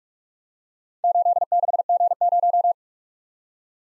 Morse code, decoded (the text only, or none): 86G0